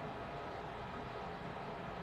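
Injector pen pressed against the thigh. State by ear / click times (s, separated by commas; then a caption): not seated / none. An unlocked migraine-preventative autoinjector pen, an $800 monthly dose, is held pressed against a thigh, with only a steady broadband hum and no sharp sounds. This pen gives two clicks, one when the medicine starts going in and one when the dose is finished, but nothing has clicked yet in this clip.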